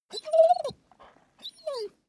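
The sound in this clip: Dog whining: a whimper that holds steady, then drops away, followed after a short pause by a second, falling whine.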